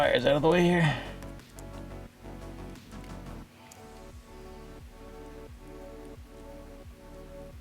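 A wire terminal pin is handled toward the empty slot where pin 48 came from in a G80/G82's harness connector during a VADPRO VAD32 multifunctional digital display install. Someone talks over music while the wires are moved aside, with faint handling taps around 1.2, 1.4, 1.6 and 3.7 seconds. The clip ends before the pin is pushed in, so nothing has seated or clicked yet.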